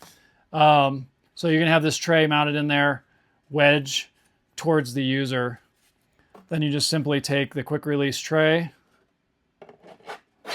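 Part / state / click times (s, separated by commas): quick release battery tray into a windshield tray mount / seated / 9.6 s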